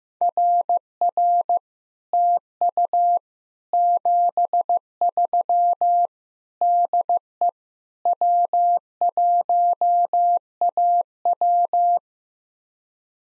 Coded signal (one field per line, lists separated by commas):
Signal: Morse code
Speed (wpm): 15 wpm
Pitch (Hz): 700 Hz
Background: none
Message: RR TU 73 DE W1AW